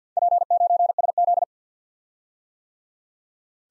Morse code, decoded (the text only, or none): P9SZ